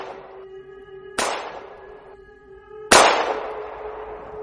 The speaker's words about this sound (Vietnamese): Đồng thời vào lúc này, một tràng tiếng súng lại vang lên.